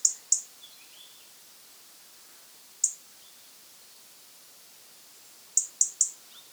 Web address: SETE Erithacus rubecula